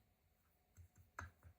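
A small screw in a plastic RC crawler bead-lock wheel ring is turned backwards until its thread drops past the start of the thread in the hole, with softer ticks around 0.8, 1.0 and 1.5 seconds. A sharp little click at 1.2 seconds marks the threads separating, so the screw is released.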